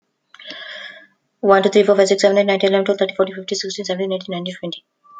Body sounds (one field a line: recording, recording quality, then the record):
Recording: counting at a fast pace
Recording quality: excellent, no background noise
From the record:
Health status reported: respiratory illness, not identified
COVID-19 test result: negative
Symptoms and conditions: cough, cold, sore throat, fever, fatigue, muscle pain, loss of smell and taste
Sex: female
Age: 43 years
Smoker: not ticked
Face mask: not worn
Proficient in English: yes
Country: India